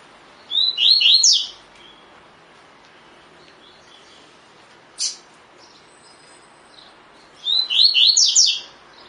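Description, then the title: Double-collared seedeater song: two phrases of fast high whistled notes several seconds apart, with a single sharp high chip between them. Song in the "tui tui" style; the bird is described as fibra (spirited). "COLEIRO DE GOLA TUI TUI FIBRA"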